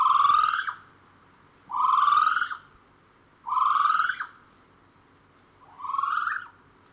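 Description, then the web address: Kiwi giving four long, rising, harmonic-rich whistles, each about a second long, repeated about every two seconds over a quiet background. "birds sound kiwigs"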